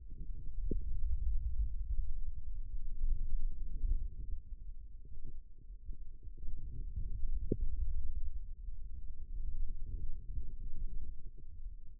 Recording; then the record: forearm muscle sounds (acoustic myography)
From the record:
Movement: radial deviation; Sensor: system 2, bracelet of six BSWA MPA416 microphones around the upper forearm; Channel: 3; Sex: male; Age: 22 years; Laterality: right